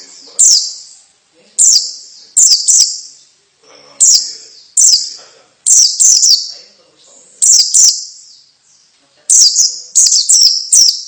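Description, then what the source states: White-eye calls, high sharp chirps given singly or in quick clusters, with short gaps between. Female bird.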